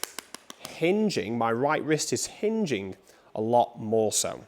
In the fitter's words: Now you hear a couple of more clicks from this precision impact.